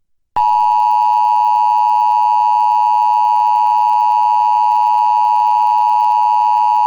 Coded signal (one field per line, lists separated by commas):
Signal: Emergency Alert System (SAME) tones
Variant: 853 and 960 Hz attention tone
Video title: EAS #501: EAS Required Weekly Test- Apr. 27, 2021- 11:28AM PDT